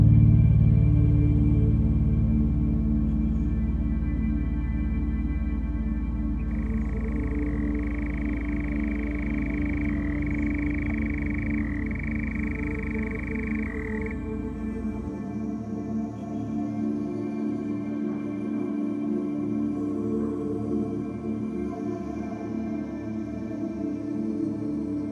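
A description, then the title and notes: A nightjar's churring runs as a steady, buzzing trill from about six to fourteen seconds, over a dense bed of low, humming drone. The deep rumble is strongest early and thins after fifteen seconds, the whole scene slowly fading and quiet. A summer nocturne, with the strange eldrich churring of a nightjar.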